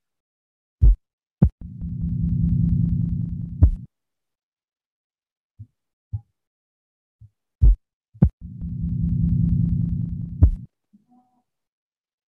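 Two slowed, simulated heart cycles, each with sharp first and second sounds and a low rumbling murmur between them that swells and then fades. This crescendo-decrescendo mid-systolic ejection murmur is heard over the aortic area, or over the pulmonary area in pulmonary stenosis.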